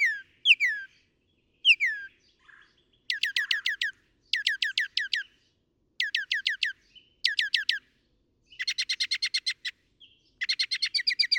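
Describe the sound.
Northern mockingbird song: sharp downslurred notes, then a series of varied phrases, each a fast burst of four or five notes repeated several times before switching.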